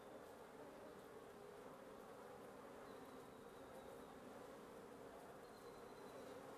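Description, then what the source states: Wasp buzzing drones on steadily, a deep massed hum, while faint thin high whistles pass briefly in the background. Wasp nest under the roof of the recordist's residence at 1a Avenida Norte 19, Antigua Guatemala, Guatemala; recorded in the morning.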